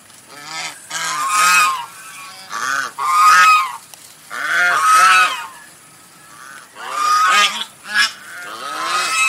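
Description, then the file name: Domestic goose honking loudly, harsh nasal honks in bursts of two to four, with short quiet gaps between the bursts. White goose. "suara angsa putih"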